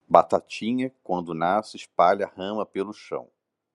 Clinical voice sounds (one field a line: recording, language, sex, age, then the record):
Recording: short text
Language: Brazilian Portuguese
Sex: male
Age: 30 to 39 years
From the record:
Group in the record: control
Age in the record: 35 years